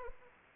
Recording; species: mosquito wingbeat signal from an infrared sensor; Anopheles arabiensis